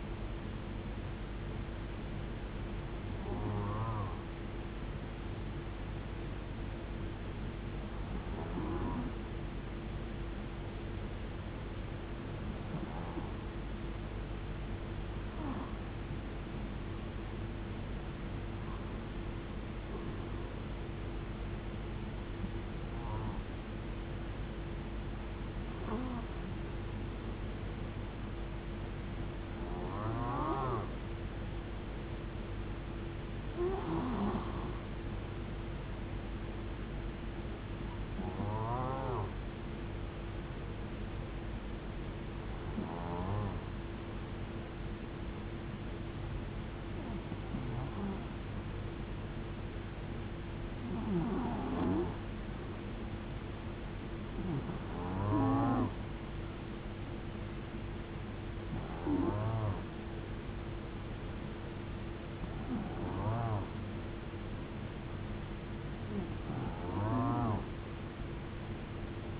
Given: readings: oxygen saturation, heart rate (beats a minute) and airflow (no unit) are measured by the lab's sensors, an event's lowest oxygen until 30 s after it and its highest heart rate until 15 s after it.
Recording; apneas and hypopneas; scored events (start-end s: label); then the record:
breathing in sleep by a voice recorder at the bedside; 1
7.00-33.60 s: hypopnea (N2, oxygen 95% highest, then 93% lowest, heart rate 81 at the start, 81 highest)
66.00-69.40 s: new sleep stage, N1 (lightest sleep)
From the record:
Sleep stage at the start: N2 (light sleep); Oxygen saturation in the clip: 90 to 95%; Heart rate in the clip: 65 to 81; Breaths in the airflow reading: 18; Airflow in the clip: -5.2 to 6.5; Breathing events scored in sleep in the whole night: 389 in 6.3 hours asleep